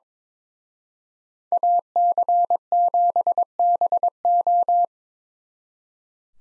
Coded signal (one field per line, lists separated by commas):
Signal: Morse code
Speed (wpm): 26 wpm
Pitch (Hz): 700 Hz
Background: none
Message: AC7BO